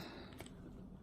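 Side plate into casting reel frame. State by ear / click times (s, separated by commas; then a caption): seated / 0.3 s, 0.4 s, 0.5 s. The side plate of a Pflueger Supreme baitcasting reel is pushed tight onto the reel frame and snaps shut. Short clicks at 0.3 s, 0.4 s and 0.5 s mark the plate latching against a steady low background. The side plate is seated and closed.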